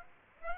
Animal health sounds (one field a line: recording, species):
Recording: mosquito wingbeat signal from an infrared sensor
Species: Aedes aegypti